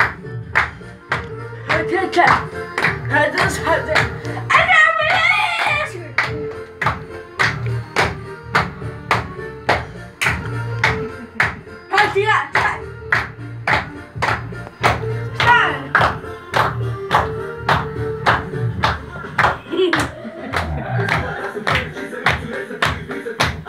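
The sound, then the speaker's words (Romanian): Steady rhythmic hand clapping, about two claps per second, keeps going in unison, loud and sharp, over a background of voices and tonal sound. “La bate de palme ca la partid, ca la PCR.”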